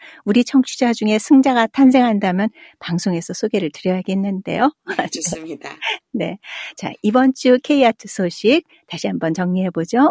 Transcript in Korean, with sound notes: 우리 청취자 중에 승자가 탄생한다면 방송에서 소개를 드려야겠는데요. (웃음) 네 이번 주 K-ART소식 정리해보죠.